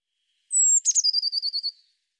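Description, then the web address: Eurasian blue tit call: one thin, high, slightly falling note, then a brisk churring trill of about ten pulses on a steady pitch. No other sounds. "cianscape birddata Deverinetal 2025 File cleaned normalized Bird Cy Ca"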